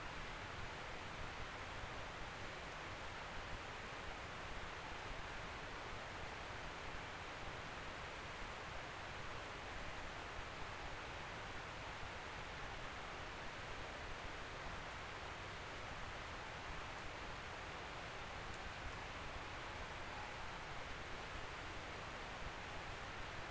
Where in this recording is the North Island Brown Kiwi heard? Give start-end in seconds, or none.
none